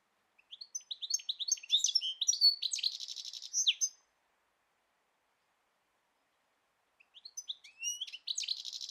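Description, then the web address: Bird chirping in a rapid jumble of high, sharp twittering notes for about three and a half seconds, then after a pause another burst of twitters begins. "Deverinetal"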